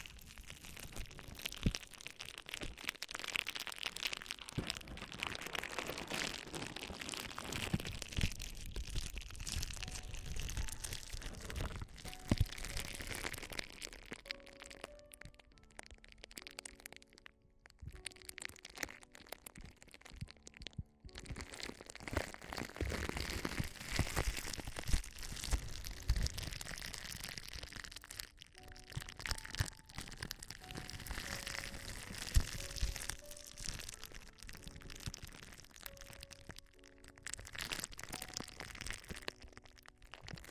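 Dense crackling and crinkling fills the ear exploration, a constant stream of small pops and rustles with no pauses. Brief quiet dips come near 17 and 21 seconds. Faint short tones flicker in and out underneath from about 15 seconds on.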